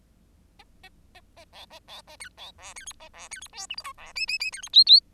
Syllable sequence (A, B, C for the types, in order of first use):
A A A A B A B A C B D C E A D C E F G H I D J J J C E K K